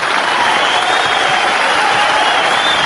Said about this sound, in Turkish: Ben de bir şeyler hissediyorum ama hissetmek yani bazen yetmiyor. Bazen duymak da gerekiyor. Bilmiyorum, ben dinleyicilerimizin alkışlarını gönülden duyuyorum.